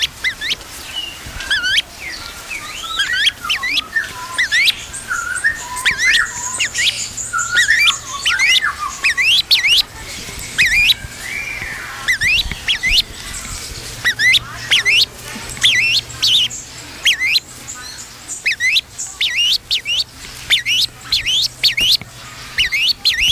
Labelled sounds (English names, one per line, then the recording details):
Grey-winged Trumpeter call
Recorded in captivity
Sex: pair
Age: adult
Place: Zoo Berlin, Berlin, DE
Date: 1999-08-23 16:47
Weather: cloudy, ca. 17-18°C
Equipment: Sony WM-D6C, Sennheiser ME 80, Kopie Uher 4000 Report Monitor
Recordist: Tembrock, Günter